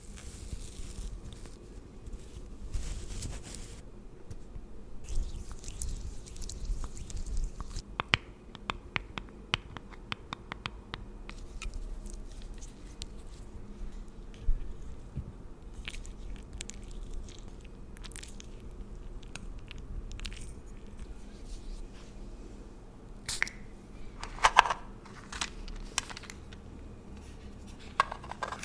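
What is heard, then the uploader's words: Skin and hair pampering sounds made up of soft, tingly layered noises: crisp ticks, taps and little scratchy clicks scattered irregularly over a low, steady rumble. Clicks cluster thickly around 8–12 seconds, and sharper taps and a brief squeak come near 23–25 seconds. Pampering Your Skin & Hair. Layered Sounds Tingly Sounds.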